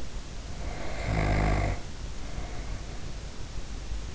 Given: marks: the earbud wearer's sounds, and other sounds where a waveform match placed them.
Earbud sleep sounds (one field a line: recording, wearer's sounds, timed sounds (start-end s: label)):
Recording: sounds in sleep by an in-ear microphone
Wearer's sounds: snoring breath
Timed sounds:
0.29-3.20 s: snoring breath